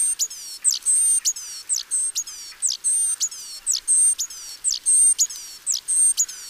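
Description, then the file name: Great tit calls: thin high whistled notes and steep downslurred squeaks, repeated in a steady rapid chattering run; no other sounds stand out. "Parus major"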